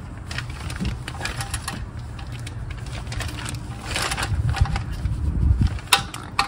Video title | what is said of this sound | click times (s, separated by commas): 2021 Honda Ridgeline Oil Change and Tire Rotation | okay I heard that torque wrench click soon as you hear that | 5.9 s, 6.4 s